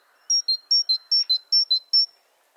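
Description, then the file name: Great tit song, a crisp two-note phrase, high then lower, repeated about five times in quick, even rhythm against quiet background. "Parus major"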